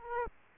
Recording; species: mosquito wingbeat signal from an infrared sensor; Aedes aegypti